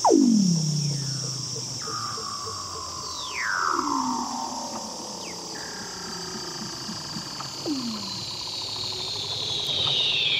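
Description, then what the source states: Weddell seal vocalizations: steeply falling whistled glides that sweep down into low tones, over soft ticking pulse trains and a high, sustained, slowly descending tone. Weddell seals in the Antarctic making a range of strange, techno-like sounds; recording played back, described as out of this world.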